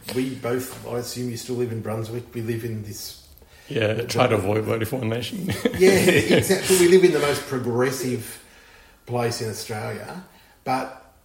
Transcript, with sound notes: we both, I assume you still live in Brunswick, we live in this…
Yeah. Try to avoid voting for One Nation. [laughs]
Yeah, we live in the most progressive place in Australia. But